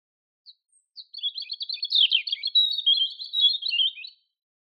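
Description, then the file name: European robin song: a few soft high notes open into a sustained, varied warble of thin, rapid, trilling notes lasting about three seconds, with no other sounds. "Erithacus rubecula"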